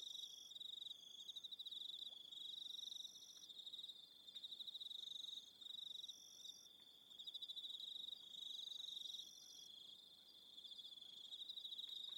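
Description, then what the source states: Cricket chorus of rapid high chirps running in long bursts with brief gaps. Soundscape of crickets.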